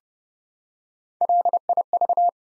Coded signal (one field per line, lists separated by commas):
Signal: Morse code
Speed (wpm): 30 wpm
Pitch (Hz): 700 Hz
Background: none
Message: LIV